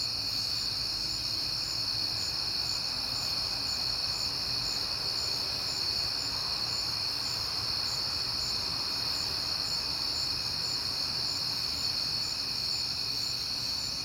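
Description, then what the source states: Crickets in a steady night chorus, a dense high shimmering trill with several layered pitches, plus a soft swell of broad rushing noise midway. Crickets heard often in September; recorded at night on a peaceful night.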